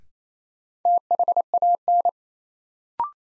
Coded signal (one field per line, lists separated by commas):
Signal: Morse code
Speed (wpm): 28 wpm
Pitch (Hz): 700 Hz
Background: none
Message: THAN